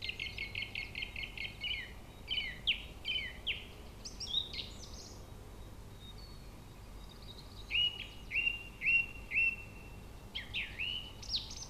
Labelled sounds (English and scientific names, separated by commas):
Song Thrush (Turdus philomelos) song